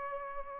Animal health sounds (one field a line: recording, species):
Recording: mosquito wingbeat signal from an infrared sensor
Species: Culex pipiens